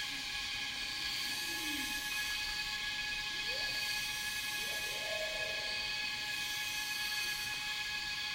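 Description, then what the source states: Cicada chorus holding a constant shrill buzz throughout, while birds give short, lower rising and sliding calls underneath. Cicadas with birds in a rainforest.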